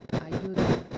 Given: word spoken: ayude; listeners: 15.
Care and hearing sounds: one Spanish word in noise, from a listening test; noise modulated by one talker; -11.2 dB; 0 of 15; 15 of 15; 0.58 s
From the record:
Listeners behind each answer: 15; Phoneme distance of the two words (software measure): 10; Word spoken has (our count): 3 syllables, 5 phonemes, stress on syllable 2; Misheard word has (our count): 3 syllables, 5 phonemes, stress on syllable 2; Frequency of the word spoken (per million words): 7.14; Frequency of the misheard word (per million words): 137.11

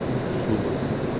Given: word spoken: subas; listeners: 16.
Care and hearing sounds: one Spanish word in noise, from a listening test; speech-shaped noise; -5.6 dB; 0 of 16; 10 of 16; 0.80 s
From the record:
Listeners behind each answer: 10, 5, 1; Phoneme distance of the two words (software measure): 10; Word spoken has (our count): 2 syllables, 5 phonemes, stress on syllable 1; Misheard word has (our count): 2 syllables, 5 phonemes, stress on syllable 1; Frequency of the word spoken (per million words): 0.66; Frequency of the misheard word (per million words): 0.63

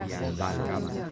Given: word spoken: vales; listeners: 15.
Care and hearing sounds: one Spanish word in noise, from a listening test; eight-talker babble; -3.8 dB; 0 of 15; 6 of 15; 0.71 s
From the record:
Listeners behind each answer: 6, 1, 1, 1, 1, 1, 1, 1, 1, 1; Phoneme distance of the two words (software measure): 37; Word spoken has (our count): 2 syllables, 5 phonemes, stress on syllable 1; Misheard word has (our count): 2 syllables, 4 phonemes, stress on syllable 1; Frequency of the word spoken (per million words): 2.56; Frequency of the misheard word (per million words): 100.47

